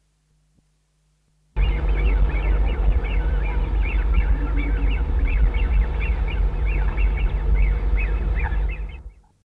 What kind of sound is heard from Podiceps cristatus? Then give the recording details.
call. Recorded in the wild. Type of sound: call. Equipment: Halbspur, 9,5 cm/s. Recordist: Lütgens, Hans. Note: Junge etwa 2 Monate alt